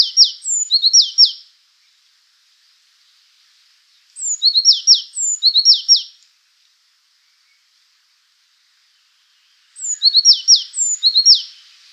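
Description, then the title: Azure tit giving three spaced clusters of high thin notes and scratchy descending chirps, roughly every four to six seconds, against a quiet background. "suara burung azure tit"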